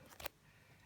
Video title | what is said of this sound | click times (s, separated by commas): Review of Braun CareStyle3 received from so.com to review and keep | And then that just clicks back into place and locks there, so that's safer for any small fingers. | 0.2 s, 0.3 s